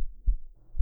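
Soft, dull low thumps of a woman's heartbeat, heard with the ear pressed against her chest, with quiet muffled stillness between them. There is nothing sharp or high-pitched, only deep, rounded beats.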